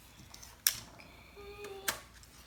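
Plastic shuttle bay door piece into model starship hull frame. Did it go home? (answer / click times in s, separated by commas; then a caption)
no / none. A plastic shuttle bay door piece is swung into the opening of a model starship's upper hull frame and pressed in until it should click. A sharp tap is heard at about 0.7 s and a second one at about 1.9 s, with a faint thin whine in between, but these come from wires hitting the plastic. The door piece has not clicked in yet.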